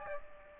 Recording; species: mosquito wingbeat signal from an infrared sensor; Aedes aegypti